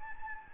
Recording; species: mosquito wingbeat signal from an infrared sensor; Anopheles gambiae